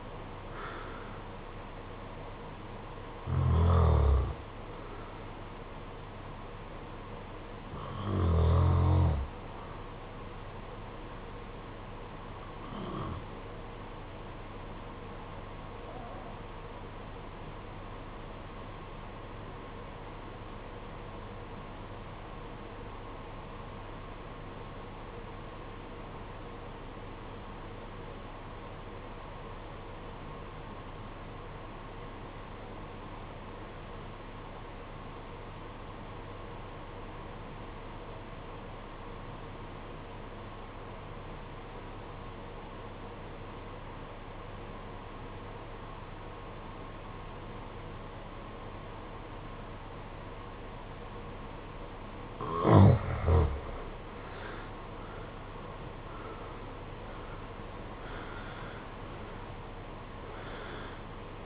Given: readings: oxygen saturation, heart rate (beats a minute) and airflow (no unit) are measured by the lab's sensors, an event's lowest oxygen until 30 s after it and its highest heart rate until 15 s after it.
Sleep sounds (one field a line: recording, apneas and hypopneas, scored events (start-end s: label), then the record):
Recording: breathing in sleep by a voice recorder at the bedside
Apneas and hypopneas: 1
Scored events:
12.00-53.50 s: obstructive apnea (REM, oxygen 96% highest, then 67% lowest, heart rate 60 at the start, 89 highest)
From the record:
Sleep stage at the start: REM sleep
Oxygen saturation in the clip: 68 to 96%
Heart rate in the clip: 53 to 89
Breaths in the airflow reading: 7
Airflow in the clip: -12.2 to 10.8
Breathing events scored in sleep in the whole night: 476 in 9.7 hours asleep